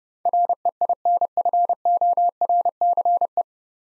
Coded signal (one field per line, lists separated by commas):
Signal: Morse code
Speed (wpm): 30 wpm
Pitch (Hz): 700 Hz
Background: none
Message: REINFORCE